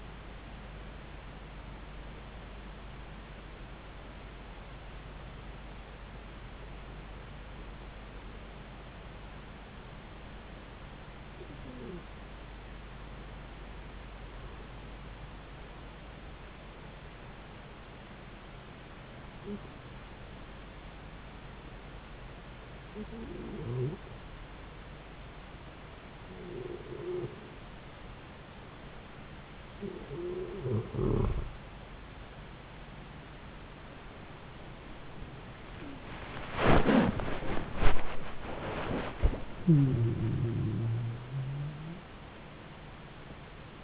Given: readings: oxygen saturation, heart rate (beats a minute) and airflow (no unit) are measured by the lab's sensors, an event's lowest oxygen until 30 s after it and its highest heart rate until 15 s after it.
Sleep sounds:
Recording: breathing in sleep by a voice recorder at the bedside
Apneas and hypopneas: 1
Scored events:
6.00-36.00 s: new sleep stage, N2 (light sleep)
11.00-29.90 s: hypopnea (N2, oxygen 95% highest, then 91% lowest)
36.00-43.84 s: new sleep stage, awake
40.00-43.84 s: awake
From the record:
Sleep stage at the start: N1 (lightest sleep)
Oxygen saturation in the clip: 92 to 95%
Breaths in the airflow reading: 9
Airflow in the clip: -10.6 to 13.3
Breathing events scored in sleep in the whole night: 270 in 6.1 hours asleep

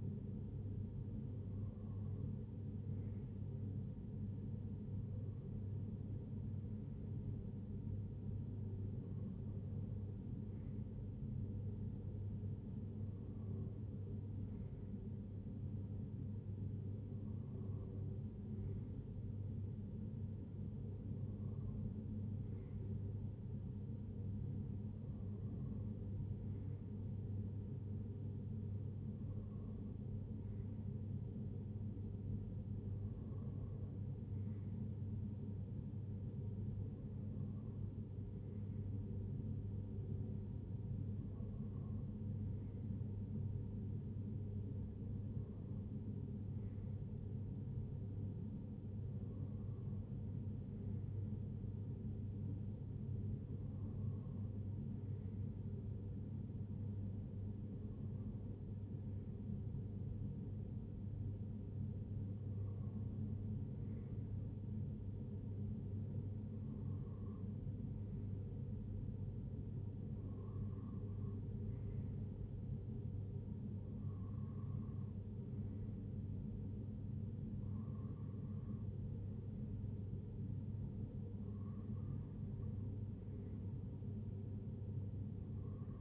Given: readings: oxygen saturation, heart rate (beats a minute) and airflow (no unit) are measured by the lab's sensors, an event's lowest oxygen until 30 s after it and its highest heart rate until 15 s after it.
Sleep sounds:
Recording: breathing in sleep by a smartphone at the bedside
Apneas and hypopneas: none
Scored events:
none scored
From the record:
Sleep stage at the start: N2 (light sleep)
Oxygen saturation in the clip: 94 to 95%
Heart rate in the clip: 57 to 69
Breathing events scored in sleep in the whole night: 35 in 6.9 hours asleep

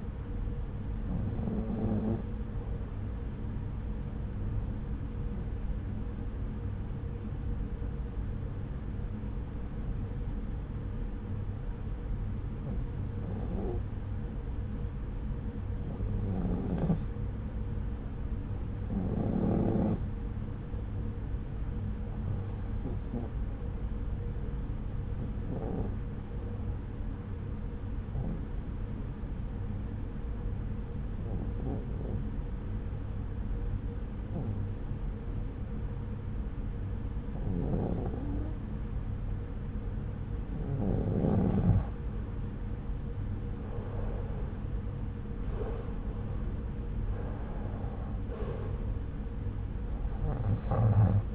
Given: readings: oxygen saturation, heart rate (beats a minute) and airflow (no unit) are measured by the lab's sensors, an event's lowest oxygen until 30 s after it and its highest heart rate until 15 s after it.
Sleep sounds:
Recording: breathing in sleep by a smartphone at the bedside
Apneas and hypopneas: 1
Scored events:
7.00-42.10 s: hypopnea (REM, oxygen 95% highest, then 92% lowest)
From the record:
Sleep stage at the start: REM sleep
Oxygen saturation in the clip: 93 to 95%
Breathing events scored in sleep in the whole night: 303 in 8.1 hours asleep

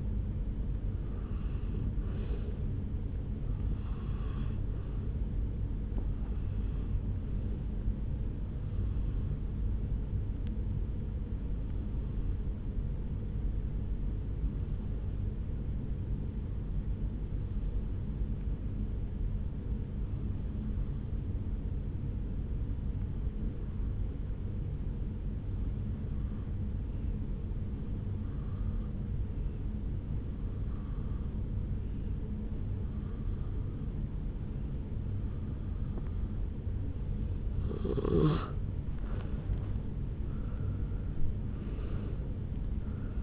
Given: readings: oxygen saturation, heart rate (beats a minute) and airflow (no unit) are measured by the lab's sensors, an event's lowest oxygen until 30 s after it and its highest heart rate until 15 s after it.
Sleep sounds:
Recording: breathing in sleep by a smartphone at the bedside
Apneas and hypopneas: 1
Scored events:
8.00-38.00 s: new sleep stage, N2 (light sleep)
12.00-38.00 s: hypopnea (N2, oxygen 94% highest, then 87% lowest, heart rate 66 at the start, 75 highest)
38.00-43.23 s: new sleep stage, N1 (lightest sleep)
From the record:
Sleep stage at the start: N1 (lightest sleep)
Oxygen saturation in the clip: 89 to 94%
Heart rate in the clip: 60 to 73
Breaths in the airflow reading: 17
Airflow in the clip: -8.6 to 5.8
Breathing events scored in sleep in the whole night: 449 in 7.0 hours asleep

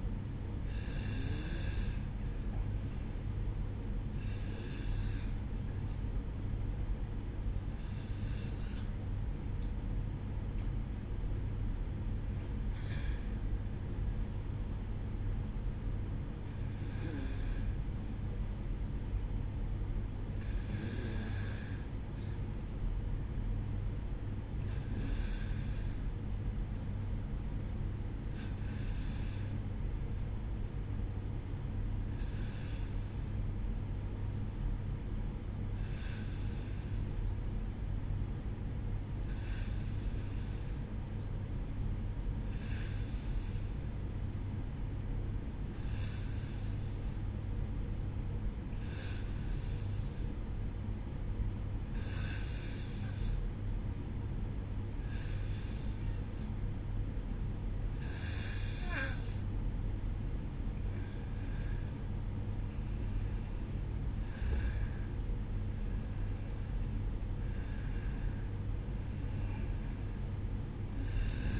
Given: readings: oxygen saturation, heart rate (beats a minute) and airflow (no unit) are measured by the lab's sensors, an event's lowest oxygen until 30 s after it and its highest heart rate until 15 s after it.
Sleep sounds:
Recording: breathing in sleep by a smartphone at the bedside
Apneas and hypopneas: 1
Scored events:
17.00-59.30 s: hypopnea (N1, oxygen 95% highest, then 91% lowest, heart rate 60 at the start, 63 highest)
43.00-71.60 s: new sleep stage, N2 (light sleep)
From the record:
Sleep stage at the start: N1 (lightest sleep)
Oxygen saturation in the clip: 91 to 95%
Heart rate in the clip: 58 to 63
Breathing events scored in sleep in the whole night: 305 in 9.6 hours asleep

